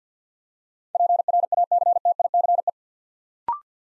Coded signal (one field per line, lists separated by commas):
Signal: Morse code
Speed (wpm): 50 wpm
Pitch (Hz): 700 Hz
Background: none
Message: PRACTICE